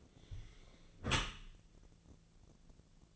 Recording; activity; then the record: daily activity, microphone in the room; close dishwasher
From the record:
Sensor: 4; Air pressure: 1001.3 hPa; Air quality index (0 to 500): 180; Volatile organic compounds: 2 ppm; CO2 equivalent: 1288 ppm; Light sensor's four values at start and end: 11/26/10/11 and 11/26/10/11